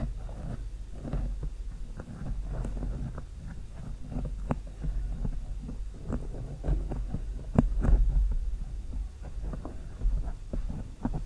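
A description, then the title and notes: Long nails scratch slowly across a microphone, giving dense, rough scraping bursts with sharp clicks scattered throughout. A steady low hum and throbbing thuds sit underneath the whole time, and the scratching grows a little louder and busier around the eighth second. SLOW MIC SCRATCHING W LONG NAILS.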